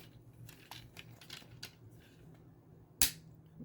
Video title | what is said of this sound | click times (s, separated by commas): Transformers Legacy Nova Prime review/transformation to robot and alt. | and and you can hear the click | 3.0 s